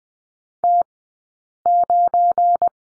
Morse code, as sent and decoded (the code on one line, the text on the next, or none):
- ----.
T9